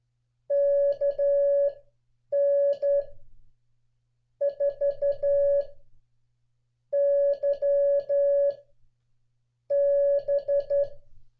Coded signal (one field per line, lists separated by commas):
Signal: Morse code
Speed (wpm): 11 wpm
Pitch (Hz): 560 Hz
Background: none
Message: KN4YB